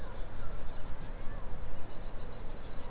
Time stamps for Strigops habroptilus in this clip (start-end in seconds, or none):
none